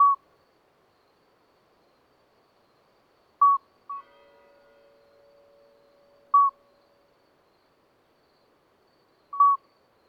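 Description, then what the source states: Common midwife toad giving short, pure, bell-like piping notes about every three seconds, with a second fainter note shortly after one, and a soft drawn-out hum midway. Two toads singing discreetly all night until dawn after two days of rain, vegetation dripping; Lesches-en-Diois, 13 May 2020; recorded with a Nagra Seven and MKH40 microphone.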